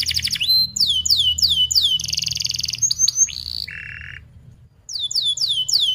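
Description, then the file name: Canary song: rapid falling chirps repeated in quick series, a buzzy dense trill, a short low-pitched flat note, a brief pause, then more falling chirps. Canary song described as gacor, fast and tightly packed chirping with sharp rolling phrases. "Suara Kenari Gacor Speed Rapat Cuit Cuit Ngerol Tajam"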